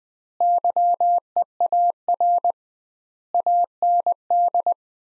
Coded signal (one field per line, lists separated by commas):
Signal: Morse code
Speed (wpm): 20 wpm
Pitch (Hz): 700 Hz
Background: none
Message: YEAR AND